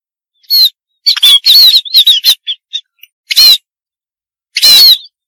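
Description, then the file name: Munia giving scratchy squawks and wavy high whistled notes in a rapid cluster, followed by two isolated harsh bursts. "suara burung pipit"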